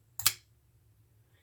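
A Ganzo Firebird FH41 folding knife blade is flipped open and locks into the open position in its steel handle lock. The detent break is heard at 0.2 s and the lockup thunk follows almost at once at 0.3 s, the two so close they sound nearly like one. The blade is locked open.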